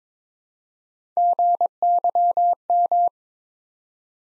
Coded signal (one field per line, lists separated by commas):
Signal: Morse code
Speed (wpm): 23 wpm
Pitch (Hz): 700 Hz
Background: none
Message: GYM